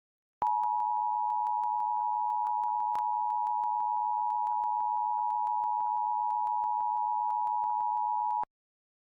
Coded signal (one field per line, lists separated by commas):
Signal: Emergency Alert System (SAME) tones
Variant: 853 and 960 Hz attention tone